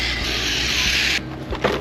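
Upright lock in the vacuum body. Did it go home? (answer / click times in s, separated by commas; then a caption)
no / none. During reassembly of a Shark vacuum, the rear section that holds the upright lock is handled and fitted to the vacuum body, with the back screws holding the lock. A steady, bright rubbing hiss runs until about 1.2 s, then drops to quieter handling noise with a brief sharp knock at 1.65 s. The part has not seated or clicked into place yet.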